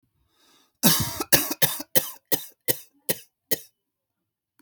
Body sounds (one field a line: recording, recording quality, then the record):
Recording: heavy voluntary cough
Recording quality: excellent, no background noise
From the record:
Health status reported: respiratory illness, not identified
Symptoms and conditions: cough, fever, pneumonia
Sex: male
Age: 39 years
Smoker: yes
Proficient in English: yes